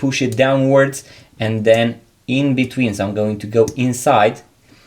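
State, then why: Not seated. Someone talks while using the forked end of a spring bar tool to press down the tip of a metal spring bar and guide it between the lugs of a Seiko chronograph watch case. The spring bar is still being handled and nothing has clicked into the lug hole yet.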